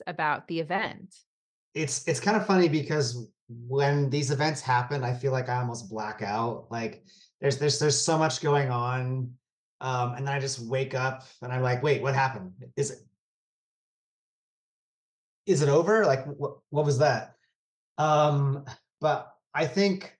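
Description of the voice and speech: Adult male speaker who stutters, more than usual on this day. His speech has word and phrase repetitions such as "it's it's", "there's there's there's" and "is it is it", along with filled pauses ("um") and long silent pauses.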